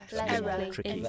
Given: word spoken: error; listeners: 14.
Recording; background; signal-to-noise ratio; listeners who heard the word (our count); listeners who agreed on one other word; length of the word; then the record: one English word in noise, from a listening test; four-talker babble; -1.3 dB; 3 of 14; 8 of 14; 0.69 s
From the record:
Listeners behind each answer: 8, 3, 2, 1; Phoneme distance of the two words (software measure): 24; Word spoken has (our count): 2 syllables, 3 phonemes, stress on syllable 1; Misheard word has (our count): 2 syllables, 5 phonemes, stress on syllable 1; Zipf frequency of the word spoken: 4.17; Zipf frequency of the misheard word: 4.66